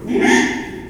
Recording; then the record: squeal of a Yucatan mini pig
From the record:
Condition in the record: after surgery on the right vocal fold (resection and tissue-engineered implant); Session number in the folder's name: 4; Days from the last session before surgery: 42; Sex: male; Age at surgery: 12 weeks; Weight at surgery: 13 kg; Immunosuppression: cyclosporine, prednisolone